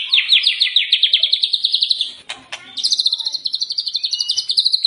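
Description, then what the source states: White-rumped shama song: a fast run of sharp repeated high notes, a brief pause with faint clicks, then a higher rapid trill. Lure recording meant to make a shama sing and respond; bird described as singing persistently (gacor).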